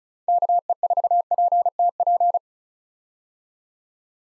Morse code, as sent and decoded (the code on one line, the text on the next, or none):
-.- . ....- .--. - .--.
KE4PTP